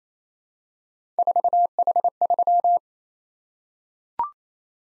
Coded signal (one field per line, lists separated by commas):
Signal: Morse code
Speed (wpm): 28 wpm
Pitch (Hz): 700 Hz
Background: none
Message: 4H3